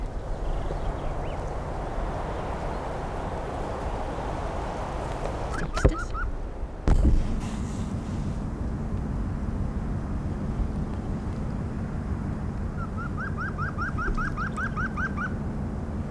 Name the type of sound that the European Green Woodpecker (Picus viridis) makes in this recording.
song